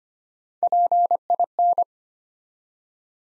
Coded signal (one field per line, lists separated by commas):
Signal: Morse code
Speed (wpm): 25 wpm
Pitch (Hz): 700 Hz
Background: none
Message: PIN